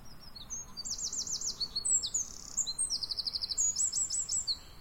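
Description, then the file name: Eurasian wren song: continuous shrill, tumbling phrases of rapid repeated notes and sharp trills, very high in pitch, over faint background noise. "Troglodytes troglodytes"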